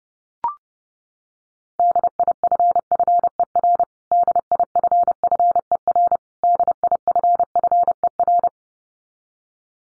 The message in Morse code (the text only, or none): DIFFER DIFFER DIFFER